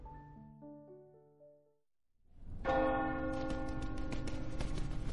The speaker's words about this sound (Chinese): 次日清晨，避难壁垒里的钟声骤然敲响，似乎在提醒所有人该去厂子里干活了似的。